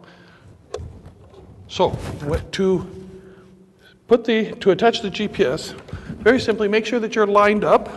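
A GPS cable connector with a locking collar is unlocked and released from the connector socket of an OKM EXP 5000 metal detector, with a sharp click at 0.7 s. Someone then talks.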